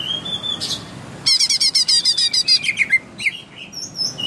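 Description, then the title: Leafbird delivering a quick string of about a dozen crisp repeated notes, ending in slurred whistles and a few high thin notes. Recorded in Kalimantan in 2014; local name cucak ijo. "Suara Burung Cucak Ijo 2014 Kalimantan"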